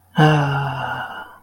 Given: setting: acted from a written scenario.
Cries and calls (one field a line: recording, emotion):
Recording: vocal sound without words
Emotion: serenity